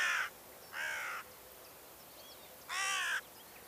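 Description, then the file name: Carrion crow giving three raspy caws, two close together and one after a pause, with faint thin chirps in the background. "Corvus corone"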